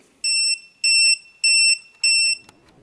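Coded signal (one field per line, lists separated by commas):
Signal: beep code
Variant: EggTimer Apogee altimeter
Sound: four evenly spaced high-pitched electronic beeps, then a faint click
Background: quiet room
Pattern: 4 short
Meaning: Beeps report altitude information; in flight this is the altitude reached above the pad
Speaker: now it's beeping altitude information that normally on a launch would be the total altitude above the launch pad that you achieved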